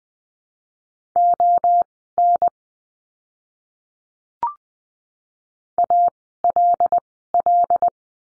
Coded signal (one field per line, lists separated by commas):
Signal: Morse code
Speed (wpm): 20 wpm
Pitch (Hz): 700 Hz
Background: none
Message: ON ALL